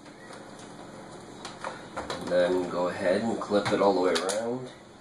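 Someone talks while handling the plastic screen bezel of a Lenovo G780 laptop, flipping it around to fit it back onto the display lid, with a few short handling knocks around 1.5 to 2.1 seconds. Nothing has seated or clicked yet.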